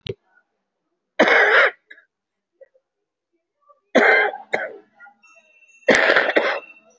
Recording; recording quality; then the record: shallow voluntary cough; excellent, no background noise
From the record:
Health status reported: COVID-19 positive, moderate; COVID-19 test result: positive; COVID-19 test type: RT-PCR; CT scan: taken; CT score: 3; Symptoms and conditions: cough, cold, breathing difficulty, sore throat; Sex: female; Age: 75 years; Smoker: no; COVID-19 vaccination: none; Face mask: worn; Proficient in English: no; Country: India